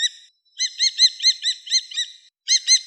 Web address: Falco tinnunculus